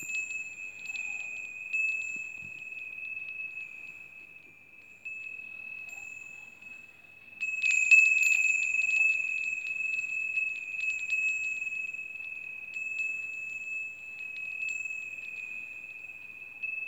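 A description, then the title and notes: Meditation bells ring a steady, bright sustained tone with a high overtone, with brief shimmering chime strikes swelling around eight seconds. Mediation Bells.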